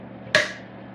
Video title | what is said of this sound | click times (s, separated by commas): Bushnell Advance Micro Reflex Sight /Glock19 MOS install and review | Just turn it till it clicks. | 0.4 s